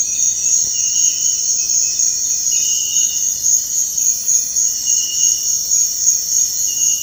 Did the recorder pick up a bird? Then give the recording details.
no. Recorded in dense forest near Puerto Asís, Putumayo, Colombia, on 20 February 2024 at 05:30. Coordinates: 0.472, -76.329. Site G6394